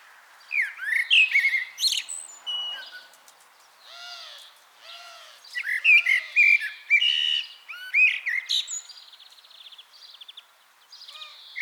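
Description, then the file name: Common blackbird song: fluty whistled phrases and high squeaky twitters. "Turdus merula"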